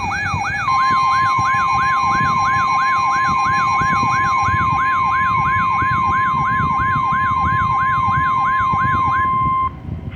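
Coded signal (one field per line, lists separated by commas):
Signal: Emergency Alert System (SAME) tones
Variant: 1050 Hz attention tone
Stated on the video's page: Two areal flood warnings relayed via EAS/NOAA Weather Radio.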